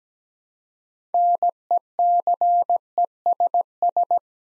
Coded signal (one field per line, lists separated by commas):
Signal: Morse code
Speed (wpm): 17 wpm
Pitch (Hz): 700 Hz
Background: none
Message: NECESS